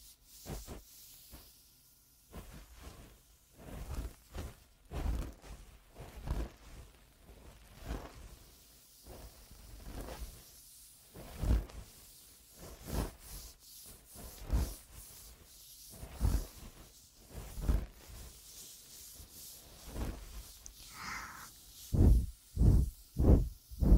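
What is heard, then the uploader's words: Ear cleaning: a close series of scratchy, rubbing scrapes and soft thumps, arriving in short bursts roughly every half second to second. The sounds are bright and crackly with low muffled knocks, growing sharper and louder near the end. ASMR Best Ear Cleaning.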